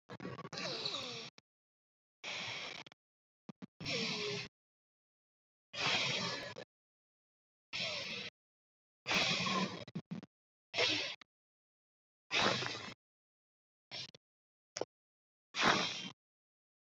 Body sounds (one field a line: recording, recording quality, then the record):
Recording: deep breathing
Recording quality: excellent, no background noise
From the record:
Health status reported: COVID-19 positive, mild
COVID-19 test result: positive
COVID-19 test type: RT-PCR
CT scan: not taken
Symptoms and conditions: cold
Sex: male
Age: 27 years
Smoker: no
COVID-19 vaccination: both doses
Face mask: not worn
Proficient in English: yes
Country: India